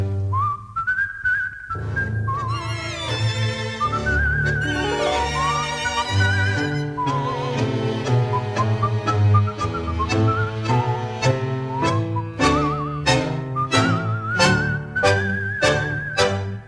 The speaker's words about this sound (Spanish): y un reo meditabundo va silbando esta canción.